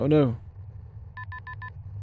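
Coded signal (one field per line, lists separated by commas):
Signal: none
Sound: game warning beeps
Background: speech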